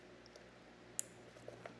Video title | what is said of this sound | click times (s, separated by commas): Upgrading My Wife’s 2024 Goldwing Trike with Lights & the Ultimate Seat | And listen for the click. | 1.0 s